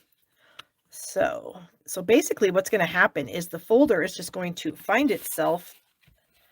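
A metal cutting die is being handled over a matching embossing folder while someone talks. A brief faint tick is heard near 0.6 s before the talking, and the clip ends before the die drops into its registered position, so nothing has seated yet.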